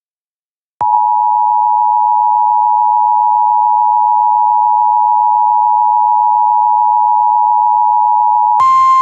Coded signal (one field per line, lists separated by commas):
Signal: Emergency Alert System (SAME) tones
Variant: 853 and 960 Hz attention tone